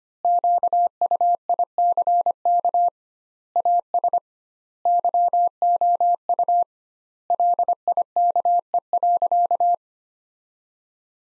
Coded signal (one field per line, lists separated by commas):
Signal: Morse code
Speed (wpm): 25 wpm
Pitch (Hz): 700 Hz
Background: none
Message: QUICK AS YOU LIKE.